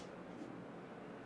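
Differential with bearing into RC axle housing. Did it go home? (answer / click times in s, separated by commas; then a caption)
no / none. A differential with a new bearing is handled as it is about to be pushed back down into the front axle housing of a TRX4 RC crawler. Only a steady, low broadband hum is heard, with no sharp transients. Nothing has seated or clicked yet.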